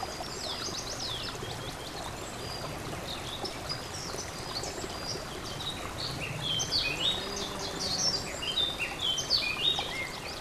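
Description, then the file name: Warbler song, quick scratchy twittering phrases of high varied notes, building louder in the second half, over a steady rushing stream. Warbler recorded beside a stream; date 24 04 15 given in title; recorded on an MZ-N 710 device. "Fauvette et ruisseau 24 04 15"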